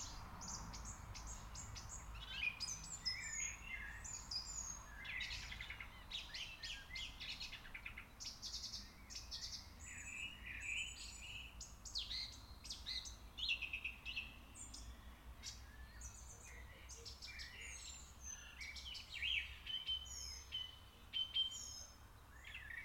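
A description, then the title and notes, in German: A noisy garden full of birds: many chirps, trills and short whistles overlap without pause for the whole stretch, some sharp and high, others lower and warbling. Underneath runs a steady low rumble that never drops away. Krach im Garten, und das mitten im Mai.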